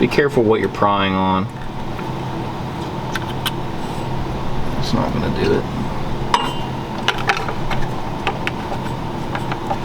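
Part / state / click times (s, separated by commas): part on the alternator or voltage regulator assembly / not seated / none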